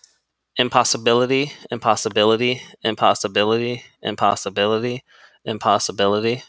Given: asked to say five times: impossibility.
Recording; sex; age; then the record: repeated word; male; 30 to 39 years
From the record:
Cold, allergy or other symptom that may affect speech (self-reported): no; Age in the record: 32 years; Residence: Virginia, United States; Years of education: 16